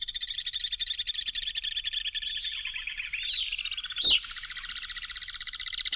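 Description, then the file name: Alpine swift trill, a continuous rapid chattering scream, with one sharp louder note cutting in near the fourth second. "Animal Alpine Swift"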